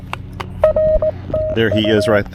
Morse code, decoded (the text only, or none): R TU